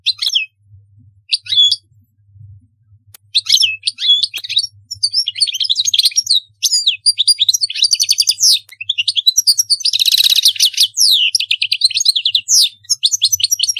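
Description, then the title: European goldfinch song, a few scattered chirps, then a long, rapid liquid twitter with a harsh buzzy burst, over a soft low hum. "Chant Chardonneret"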